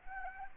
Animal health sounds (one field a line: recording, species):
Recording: mosquito wingbeat signal from an infrared sensor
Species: Anopheles arabiensis